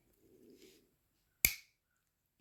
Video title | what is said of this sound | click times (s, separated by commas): What you never knew about traditional knives. | hear that loud click now there's no closing this okay so | 1.4 s